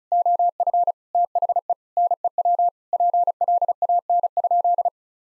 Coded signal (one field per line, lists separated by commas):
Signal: Morse code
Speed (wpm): 36 wpm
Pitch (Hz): 700 Hz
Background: none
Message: OF THE NEW PLAN?